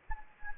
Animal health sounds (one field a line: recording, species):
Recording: mosquito wingbeat signal from an infrared sensor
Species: Anopheles gambiae